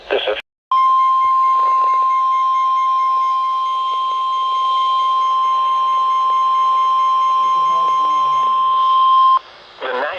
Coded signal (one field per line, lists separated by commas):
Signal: Emergency Alert System (SAME) tones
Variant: 1050 Hz attention tone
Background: speech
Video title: SLIGHT RISK BRACKET... EAS Alerts from 3/19/22 (EAS #880-885)